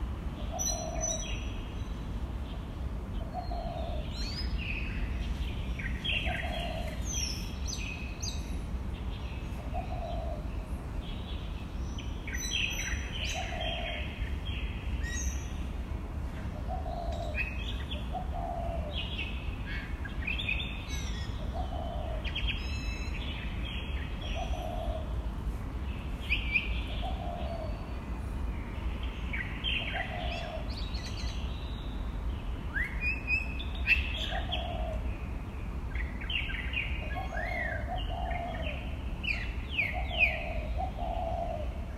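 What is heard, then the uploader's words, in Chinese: Birds chatter and chirp busily, with overlapping bright calls and trills scattered throughout. A lower two-note call repeats about every two to three seconds like a steady pulse. Underneath runs a constant low rumble of background noise. 正在開早茶會的飛行動物鄰居們。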